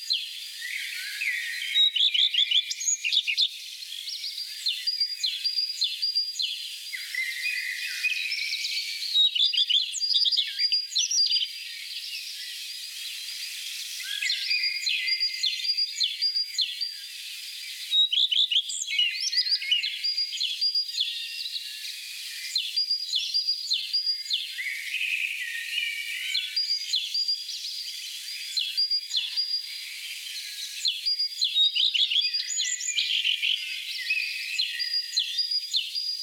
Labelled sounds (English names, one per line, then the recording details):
Common Redstart song
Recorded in the wild
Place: Oberrotweil am Kaiserstuhl, Baden-Württemberg, DE
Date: 1987-04-20
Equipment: Alparon-Reflektor
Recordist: Schwarz, Dieter